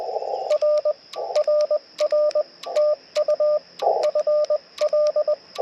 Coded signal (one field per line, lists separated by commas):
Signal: Morse code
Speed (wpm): 20 wpm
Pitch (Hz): 600 Hz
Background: radio noise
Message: R RR TU FL